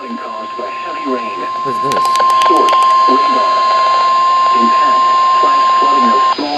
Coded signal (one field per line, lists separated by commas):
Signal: Emergency Alert System (SAME) tones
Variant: 1050 Hz attention tone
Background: speech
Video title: WORCESTER'S WAKE UP CALL... | EAS Alerts from 8/8/23 Morning Severe Weather Event (EAS #556-577)